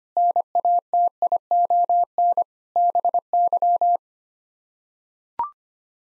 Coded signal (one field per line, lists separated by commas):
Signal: Morse code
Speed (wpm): 25 wpm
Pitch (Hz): 700 Hz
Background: none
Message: NATION BY